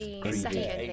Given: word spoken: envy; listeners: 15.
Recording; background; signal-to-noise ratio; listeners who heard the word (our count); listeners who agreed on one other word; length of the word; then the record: one English word in noise, from a listening test; four-talker babble; 0.0 dB; 0 of 15; 11 of 15; 0.53 s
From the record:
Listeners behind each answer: 11, 2, 1, 1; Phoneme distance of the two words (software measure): 37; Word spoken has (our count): 2 syllables, 4 phonemes, stress on syllable 1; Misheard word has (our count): 2 syllables, 5 phonemes, stress on syllable 1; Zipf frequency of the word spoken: 3.64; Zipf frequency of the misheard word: 3.78